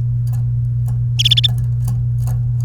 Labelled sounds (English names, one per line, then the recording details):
Domestic Canary song
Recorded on 29 April 2018 at 12:16
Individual llb3